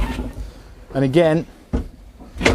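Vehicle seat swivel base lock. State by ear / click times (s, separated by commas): seated / 2.5 s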